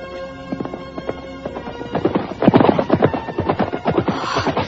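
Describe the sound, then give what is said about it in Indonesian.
The hooves of a single ridden horse clip-clop in a steady, quick rhythm of sharp knocks that grow louder and busier as the rider approaches, with no voices. “Sepertinya aku mendengar derap seekor kuda.”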